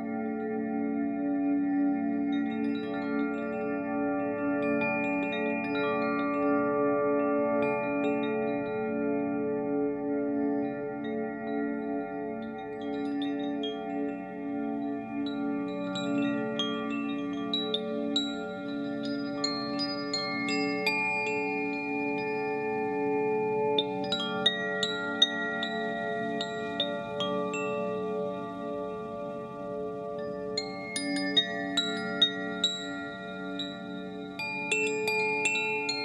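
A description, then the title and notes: Wind chimes ring in a dense, overlapping wash, their long sustained tones layering into a steady low-to-middle hum. Brighter, thinner strikes sparkle above it now and then, clustering more busily around the middle and final stretches, with loudness staying fairly even throughout. Handmade in France, near the Pyrenean mountains, each Zaphir chime is the result of meticulous craftsmanship. The soothing sounds of wind chimes.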